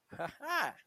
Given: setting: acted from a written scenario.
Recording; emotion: vocal sound without words; pride